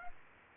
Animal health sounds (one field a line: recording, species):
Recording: mosquito wingbeat signal from an infrared sensor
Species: Aedes aegypti